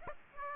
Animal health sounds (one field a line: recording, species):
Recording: mosquito wingbeat signal from an infrared sensor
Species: Aedes aegypti